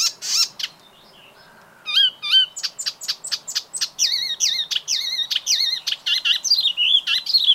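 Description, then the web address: Bird starting with a few loud notes and a pause, then launching into a fast series of bright repeated twitters that rise and fall. "ornitologiya slovar Ptichki"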